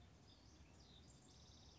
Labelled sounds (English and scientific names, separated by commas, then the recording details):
House Wren (Troglodytes aedon)
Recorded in Sonoma County, California